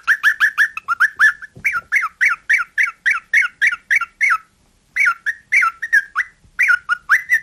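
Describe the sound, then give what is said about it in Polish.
Parrots in a parrot house in Zielona Góra, Poland, give a rapid, unbroken run of harsh, mid-pitched squawks and screeches, loud and insistent, pausing briefly midway before the raucous calling resumes. No voices are heard. “Zainteresowała Państwa zielonogórska papugarnia, którą odwiedziliśmy nieco ponad pół godziny temu.”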